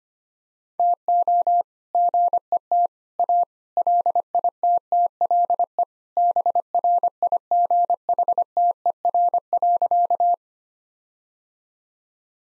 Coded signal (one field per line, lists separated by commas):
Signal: Morse code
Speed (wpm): 25 wpm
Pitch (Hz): 700 Hz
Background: none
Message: TO GET A LITTLE BRIGHTER.